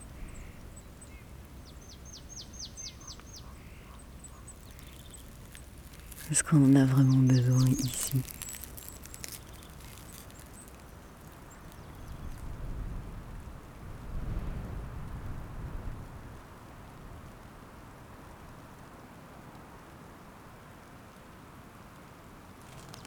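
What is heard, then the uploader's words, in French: A frozen lake in the Jura, the ice cracking and singing. A quiet low rumble runs throughout, broken around six to eight seconds by a loud, ringing, twanging crack with bright pulses. Softer low swells follow near thirteen to sixteen seconds, and faint chirps appear early. Lac Gelé. Silences poudreux et cristaux en apesanteur, dans l'épaisseur vibrante d'un moment au bord d'un lac dans le Jura. Là où même la glace se plie à la morsure du froid et se fend des chants les plus étranges, au rythme des bulles qui s'échappent.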